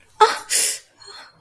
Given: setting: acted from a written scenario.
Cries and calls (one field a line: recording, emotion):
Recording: vocal sound without words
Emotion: pain